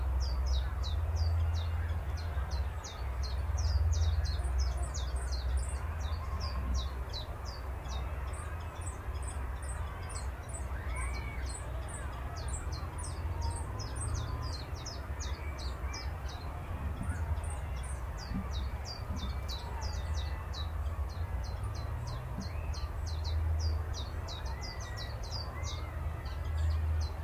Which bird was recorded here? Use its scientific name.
Phylloscopus trochilus